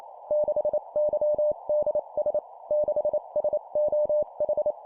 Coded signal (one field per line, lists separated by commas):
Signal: Morse code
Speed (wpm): 28 wpm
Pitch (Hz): 600 Hz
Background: none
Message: 6YDS 6SOH